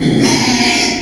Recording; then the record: squeal of a Yucatan mini pig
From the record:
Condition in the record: after surgery on the right vocal fold (resection and tissue-engineered implant); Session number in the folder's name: 2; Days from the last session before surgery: 13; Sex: male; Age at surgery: 12 weeks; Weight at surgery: 13 kg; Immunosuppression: cyclosporine, prednisolone